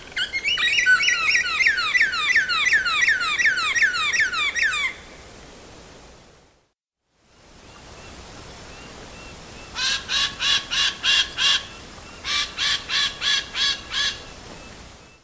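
Belford's melidectes, a fast run of sliding, downslurred notes, then after a silence two bursts of loud, evenly spaced pulsed notes.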